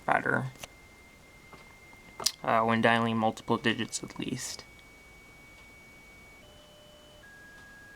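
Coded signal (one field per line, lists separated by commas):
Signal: dial-up modem handshake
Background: speech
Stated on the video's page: Dial-up modem connection over an ordinary phone line to a remote BBS.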